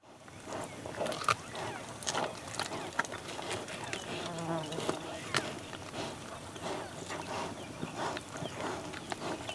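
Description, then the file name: Cheetah eating and chewing, with a steady stream of crunching bites and occasional sharper cracks throughout. Cheetah eating and chewing, close up. "Digiffects Sound Effects Library - Close Cheetah Eating and Chewing"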